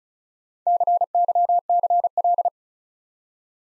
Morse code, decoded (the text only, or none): CYCL